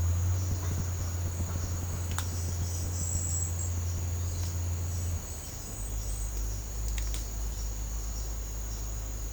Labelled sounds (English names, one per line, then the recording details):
none
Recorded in secondary vegetation near Puerto Asís, Putumayo, Colombia, on 20 December 2024 at 07:30
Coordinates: 0.499, -76.323
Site G010